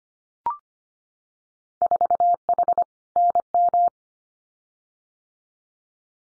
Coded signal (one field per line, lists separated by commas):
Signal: Morse code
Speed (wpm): 25 wpm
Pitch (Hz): 700 Hz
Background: none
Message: 4H NM